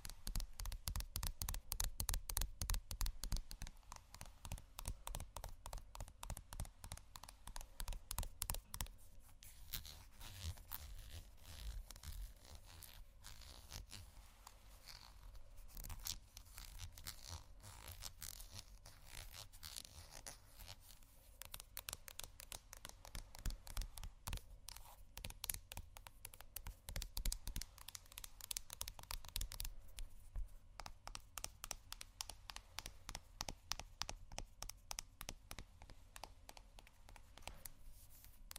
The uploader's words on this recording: ASMR Rummaging Through My Makeup Bag （No Talking）.